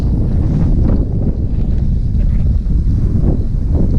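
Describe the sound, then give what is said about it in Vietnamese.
Strong wind roars steadily across the microphone in an abandoned desert, a dense low rumble with gusty buffeting that stays loud and unbroken throughout, with no voices. “Mà gió thổi mạnh quá.”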